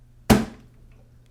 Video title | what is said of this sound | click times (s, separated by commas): How to Load Ink In Your HP Smart Tank Printer | you really need to hear a small click | 0.3 s